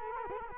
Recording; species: mosquito wingbeat signal from an infrared sensor; Culex quinquefasciatus